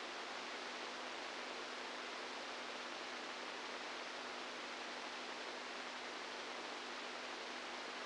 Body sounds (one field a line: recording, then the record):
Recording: brain microelectrode recording played as sound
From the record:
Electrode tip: inside the subthalamic nucleus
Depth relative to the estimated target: -3 mm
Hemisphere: right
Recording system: NeuroSet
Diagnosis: Parkinson's disease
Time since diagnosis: 10 years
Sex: female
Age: 67 years